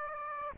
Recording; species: mosquito wingbeat signal from an infrared sensor; Aedes aegypti